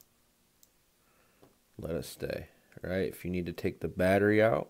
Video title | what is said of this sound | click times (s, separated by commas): Canon SX610, how to use it! And why you WANT IT! | you're going to push until it clicks let | 0.0 s, 0.6 s